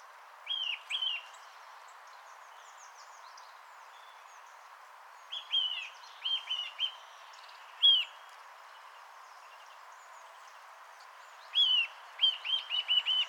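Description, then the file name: Eurasian nuthatch calling in short bursts: paired whistled notes, a group of several notes, a single note, and a final quick run of four or five notes. "Sitta europaea"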